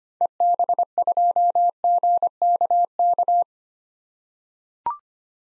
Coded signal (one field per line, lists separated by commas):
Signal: Morse code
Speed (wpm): 25 wpm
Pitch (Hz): 700 Hz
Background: none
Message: EB2GKK